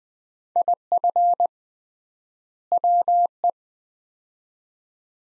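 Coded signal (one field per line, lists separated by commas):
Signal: Morse code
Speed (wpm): 20 wpm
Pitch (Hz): 700 Hz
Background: none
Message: IF WE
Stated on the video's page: Morse practice drill of two-word sets at 20 wpm with 3x word spacing, similar to Farnsworth method, each set followed by spoken words.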